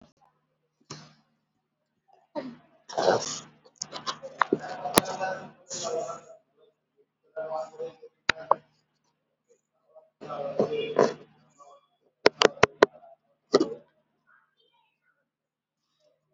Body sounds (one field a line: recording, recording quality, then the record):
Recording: shallow breathing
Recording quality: poor, much background noise or distortion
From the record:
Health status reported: healthy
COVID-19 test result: not tested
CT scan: not taken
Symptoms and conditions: hypertension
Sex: female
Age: 73 years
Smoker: no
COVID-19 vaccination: one dose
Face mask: not worn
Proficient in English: no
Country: India